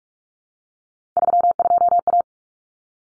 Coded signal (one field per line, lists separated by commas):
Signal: Morse code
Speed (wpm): 44 wpm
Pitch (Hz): 700 Hz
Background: none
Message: 32A